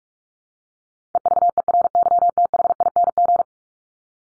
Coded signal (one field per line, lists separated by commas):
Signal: Morse code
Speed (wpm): 44 wpm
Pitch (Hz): 700 Hz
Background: none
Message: EVERYTHING